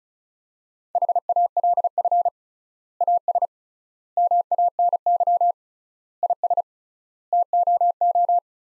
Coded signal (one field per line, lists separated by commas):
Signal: Morse code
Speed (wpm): 36 wpm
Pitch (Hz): 700 Hz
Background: none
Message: HALF AS MANY IS TOO